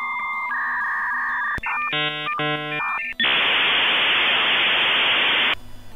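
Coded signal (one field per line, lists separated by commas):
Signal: dial-up modem handshake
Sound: steady tones, then warbling multi-tone bursts, then loud wide hissing static for two seconds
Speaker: merely hearing those familiar modem sounds when establishing a connection is enough to bring on a flood of nostalgia but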